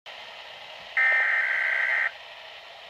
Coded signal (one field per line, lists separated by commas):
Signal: Emergency Alert System (SAME) tones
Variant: header bursts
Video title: Weatheradio Canada - Snow Squall Warning (EAS #107-108) 21/